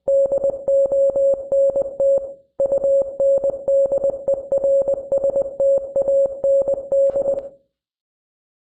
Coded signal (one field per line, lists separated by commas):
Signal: Morse code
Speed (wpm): 20 wpm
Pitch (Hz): 550 Hz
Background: music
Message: DONT UNDERSTAND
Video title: melon playground 10.0 morse code (ezpz)